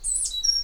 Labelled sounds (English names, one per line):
Stitchbird song